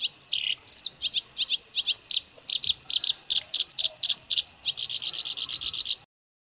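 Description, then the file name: Black-browed reed warbler song, a rapid unbroken stream of harsh chattering notes, some upslurred whistles, ending in a dense buzzy trill. Masteran song used for training songbirds. "suara kerakbasi alis hitam masteran"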